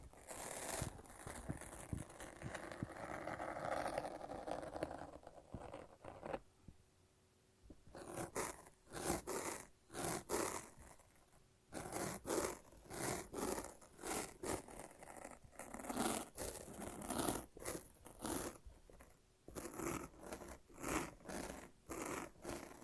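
Sticky tape and a lint roller peel and rip in quick, rasping strokes. The first six seconds are a dense, continuous tearing; after a brief pause near seven seconds, short sharp peels come in rapid bursts, with gaps around twelve and nineteen seconds.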